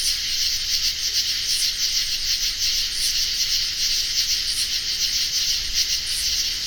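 Insect chorus, a dense steady high buzzing hum with faint pulsing and a thin high ticking repeated roughly every one and a half seconds.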